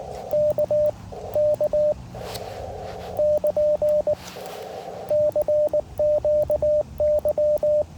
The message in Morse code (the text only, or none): K K <KN> CQY